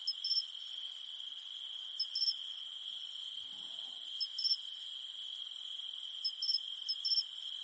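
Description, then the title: Steady shrill cicada drone with brief clipped chirps repeating every couple of seconds. Cicadas humming at night in the mountains. "In the mountains at night, only the humming of cicadas remains"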